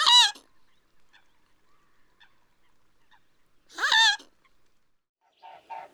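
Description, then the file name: Mute swan calling twice, brief nasal honks with a wavering pitch about four seconds apart, followed by quieter buzzy notes and near silence between. "cygne-tuberculé"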